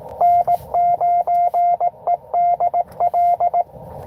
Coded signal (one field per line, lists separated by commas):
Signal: Morse code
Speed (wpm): 22 wpm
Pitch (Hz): 700 Hz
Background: none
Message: N9EDL